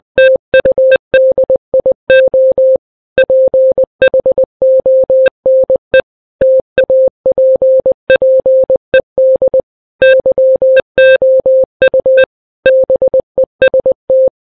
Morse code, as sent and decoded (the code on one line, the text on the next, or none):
- ..- -.. .. --- / .--. .... --- -. . / - .- .--. .--. . -.. / -.-- --- ..- / -... . ... -
TUDIO PHONE TAPPED YOU BEST